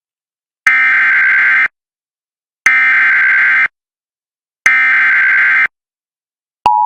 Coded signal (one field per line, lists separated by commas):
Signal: Emergency Alert System (SAME) tones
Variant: header bursts